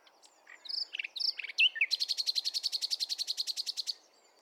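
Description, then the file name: Common nightingale song: varied whistles and chirps, then a rapid, even run of about twenty buzzy repeated notes ending abruptly. "Luscinia megarhynchos"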